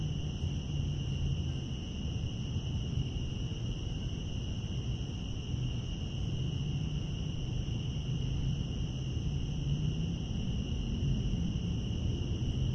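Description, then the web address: Steady cicada buzzing, an even high-pitched drone running the whole time, beneath which a strong low hum and rumble persist. Cicadas recorded outdoors in Central Park. "Lynne Music Central-Park-Cicadas"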